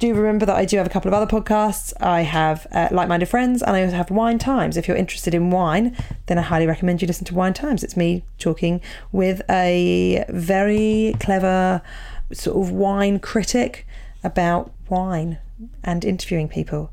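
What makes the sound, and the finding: Adult woman speaking. Normal speech.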